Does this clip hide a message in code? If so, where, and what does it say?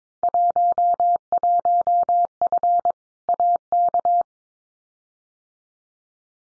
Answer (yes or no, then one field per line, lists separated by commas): yes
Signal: Morse code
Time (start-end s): 0.2-4.2 s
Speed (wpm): 22 wpm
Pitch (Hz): 700 Hz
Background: none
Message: 11F AK